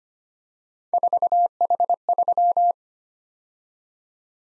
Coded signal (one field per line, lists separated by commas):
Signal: Morse code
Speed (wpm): 25 wpm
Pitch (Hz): 700 Hz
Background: none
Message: 4H3